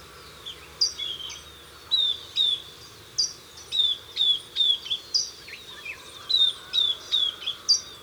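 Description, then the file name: Southern beardless tyrannulet calling in a series of high, thin descending whistles, often in pairs or threes, with brief sharp chips mixed in and faint hiss behind. "Camptostoma obsoletum - Southern Beardless Tyrannulet"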